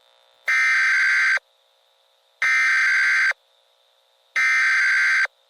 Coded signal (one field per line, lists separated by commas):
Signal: Emergency Alert System (SAME) tones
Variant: header bursts